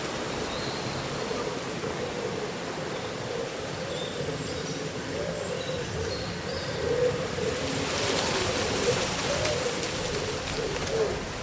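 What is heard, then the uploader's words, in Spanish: On a windy summer day, a steady wash of wind and rustling leaves fills the clip, swelling louder and brighter from about seven seconds on with gusty, crackling bursts. Faint short bird chirps appear high above the noise, mostly in the first half. Un bosque bañado por el sol.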